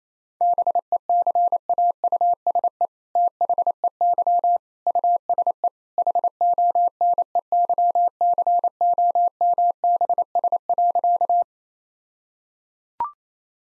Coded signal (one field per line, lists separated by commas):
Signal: Morse code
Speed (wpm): 27 wpm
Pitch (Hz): 700 Hz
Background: none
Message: BECAUSE THEY USE HONEYCOMBS.